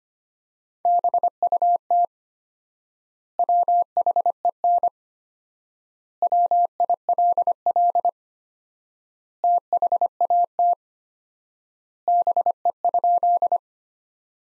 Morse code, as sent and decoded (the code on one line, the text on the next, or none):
-... ..- - / .-- .... . -. / .-- .. .-.. .-.. / - .... .- - / -... . ..--..
BUT WHEN WILL THAT BE?